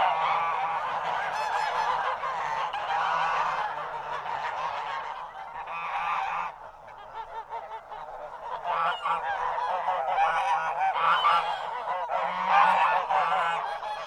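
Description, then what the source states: Goose: geese calling in a loud flock, dense bursts of honking with a short quieter gap about halfway before the chorus swells again. A horde of geese honking.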